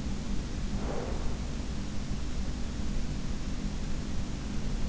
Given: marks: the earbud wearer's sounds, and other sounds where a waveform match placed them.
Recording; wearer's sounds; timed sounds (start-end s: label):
sounds in sleep by an in-ear microphone; breath
0.51-1.63 s: breath